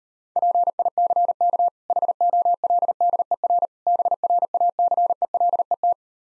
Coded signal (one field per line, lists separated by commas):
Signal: Morse code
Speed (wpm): 39 wpm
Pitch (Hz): 700 Hz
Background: none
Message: PICK HOLDER BRACELET